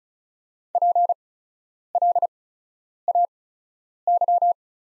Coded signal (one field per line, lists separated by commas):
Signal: Morse code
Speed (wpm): 36 wpm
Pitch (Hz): 700 Hz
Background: none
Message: PLAY